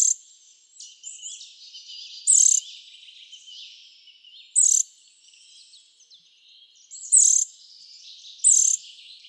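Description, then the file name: Eurasian nuthatch giving four loud, piercing high call notes at uneven intervals, with softer chattering bird sounds filling the gaps. "Sitta europaea"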